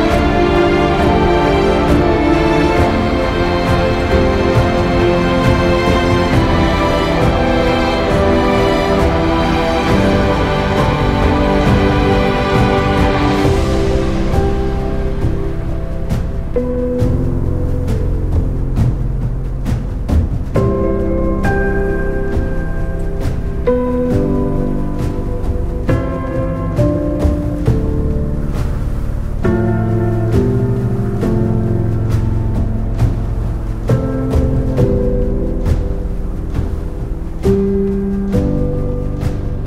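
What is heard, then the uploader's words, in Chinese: Epic orchestral music set against a snowstorm, thick and loud throughout. The opening fourteen seconds are a dense wall of held chords with a bright, hissing wash on top; after that the hiss thins and steady, regular percussion hits drive on beneath shifting low chords. 10首超好聽史詩音樂配合風雪的聲音。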